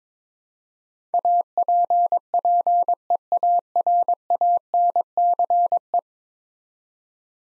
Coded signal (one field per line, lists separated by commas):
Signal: Morse code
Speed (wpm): 22 wpm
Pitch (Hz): 700 Hz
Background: none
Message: APPEARANCE